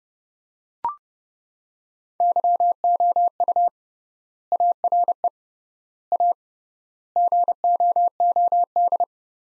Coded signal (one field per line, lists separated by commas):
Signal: Morse code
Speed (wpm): 31 wpm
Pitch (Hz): 700 Hz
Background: none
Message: YOU ARE A GOOD